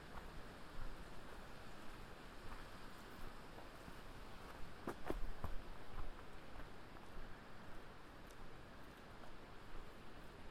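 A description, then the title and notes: Wind rushes steadily past the microphones on a hiking trail, a dense, rumbling roar strongest in the low range. Around the middle a few brief knocks and scuffs cut through, likely footsteps or gear, while a gust swells the noise slightly before it settles. A binaural field recording of hiking the Curecanti Creek Trail near Black Canyon of the Gunnison. The recording starts near the Curecanti Needle, a 700 ft granite spire, and continues as we walked the two mile back up the ravine to the Pioneer Point overlook. It is a strenuous hike with plenty of wind noise.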